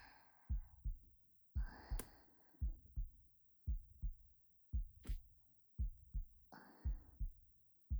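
An adult's steady paired lub-dub heartbeats at about 57 a minute, with soft breaths between, a normal resting rhythm.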